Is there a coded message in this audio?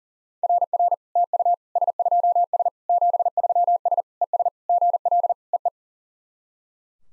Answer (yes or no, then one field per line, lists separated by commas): yes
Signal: Morse code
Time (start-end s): 0.4-5.7 s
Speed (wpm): 40 wpm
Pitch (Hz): 700 Hz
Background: none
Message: RR TU S2S 73S ES GL EE